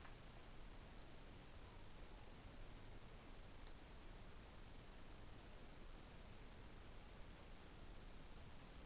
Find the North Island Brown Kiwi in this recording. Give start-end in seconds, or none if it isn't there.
none